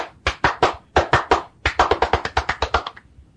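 Sharp hand claps with no voices: two groups of three even claps separated by a short pause, then a faster run of about ten claps that trails off at the end.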